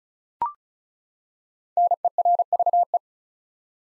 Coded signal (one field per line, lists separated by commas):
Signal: Morse code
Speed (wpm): 36 wpm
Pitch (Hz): 700 Hz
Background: none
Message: NERVE